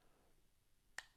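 A rotating part on a Brunswick Ultona phonograph reproducer is brought around during pre-assembly until it clicks into position. After near-silence, a single sharp, bright click sounds at 1.0 s and fades quickly. The part is seated and judged good.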